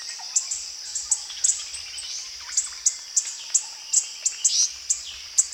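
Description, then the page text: Orange-bellied flowerpecker uttering crisp, high tick notes at irregular short intervals over a buzzing insect drone. Recorded at Danum. "Sound of Orange-bellied Flowerpecker at Danum by EDWARDS, David"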